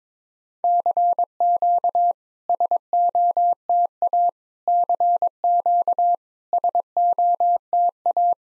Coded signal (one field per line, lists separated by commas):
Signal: Morse code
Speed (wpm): 22 wpm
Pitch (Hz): 700 Hz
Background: none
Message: CQ SOTA CQ SOTA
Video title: SOTA QSO Practice 22wpm